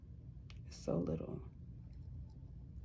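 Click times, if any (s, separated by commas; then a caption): 0.5 s. A gold-filled jump ring on an earring is twisted closed in the opposite direction with pliers until its ends meet. A small click is heard at 0.5 s, and then someone talks. The ring's ends sit flush and the join is closed.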